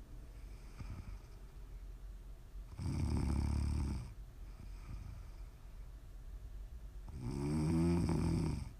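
Two loud, low, rattling ASMR snores from an adult sleeper, about four seconds apart, with quiet breathing between them in a small room.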